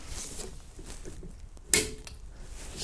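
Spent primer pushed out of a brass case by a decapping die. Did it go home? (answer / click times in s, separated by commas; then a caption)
released / 1.7 s. A second brass case is decapped in a spring-loaded decapping die, pushing the spent primer out. A sharp, bright click rings out at 1.7 s over a low background hiss, with a few faint ticks around it. The spring-assisted click confirms the primer has been punched out and released.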